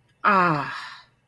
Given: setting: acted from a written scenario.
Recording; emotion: vocal sound without words; contentment